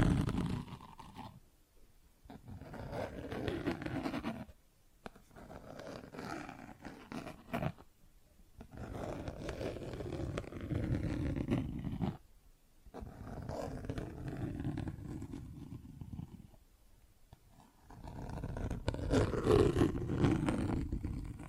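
Plastic objects being scratched and rubbed in long, dense passes that each last a few seconds, with brief quiet gaps around 2, 5, 8, 12 and 17 seconds. The scraping sounds coarse and fairly low, with a rough, grinding texture and occasional sharper ticks.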